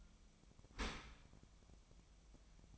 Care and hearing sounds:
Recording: daily activity, microphone in the room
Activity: open dishwasher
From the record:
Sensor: 1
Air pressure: 1004.7 hPa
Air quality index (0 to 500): 113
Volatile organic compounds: 4 ppm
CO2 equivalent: 1569 ppm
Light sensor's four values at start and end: 9/22/8/9 and 9/22/8/9

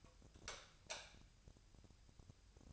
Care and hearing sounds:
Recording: daily activity, microphone in the room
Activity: light off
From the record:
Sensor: 2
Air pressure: 999.8 hPa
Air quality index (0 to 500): 117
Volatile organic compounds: 2 ppm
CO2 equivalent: 1006 ppm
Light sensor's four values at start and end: 43/112/47/52 and 38/96/41/47

